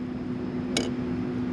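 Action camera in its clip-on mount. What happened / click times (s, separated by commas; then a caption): A plastic clip mount let go of the small device / 0.8 s. An SJCAM C200 4K action camera is freed from its plastic clip-on mount, which locks it in place, by pulling back the retaining clip and lifting the camera straight up. A single sharp click at 0.8 s marks the camera popping out over a steady low hum. The camera is released from the mount.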